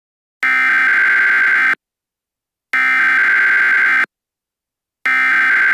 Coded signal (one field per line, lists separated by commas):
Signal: Emergency Alert System (SAME) tones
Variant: header bursts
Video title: A Yo-Kai's Worst Nightmare. EAS Scenario #2